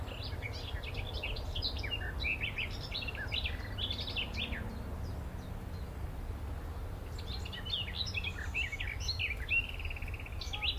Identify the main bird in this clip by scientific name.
Phylloscopus trochilus